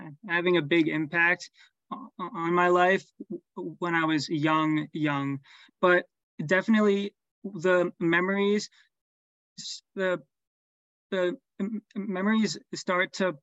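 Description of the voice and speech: A 24-year-old man who has stuttered since age 7 speaks with whole-word and phrase repetitions, a stretched sound and long silent blocks, typical of stuttering.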